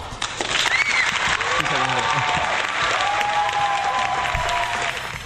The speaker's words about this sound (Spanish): Sí, señor, pues yo creo que este señor y su equipo se merecen un aplauso.